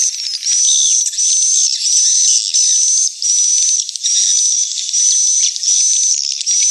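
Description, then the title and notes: Swiftlet calls: high, steady whistled notes in short bursts separated by brief gaps, with rougher twitter underneath. Swiftlet house lure sounds, AKAU brand, Tien Giang, Vietnam. "Am thanh nha yen Akau Vietnam - Tien giang. Những âm thanh chim yến thuộc thương hiệu AKAU"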